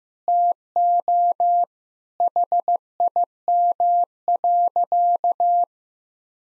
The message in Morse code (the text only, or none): TO HIM.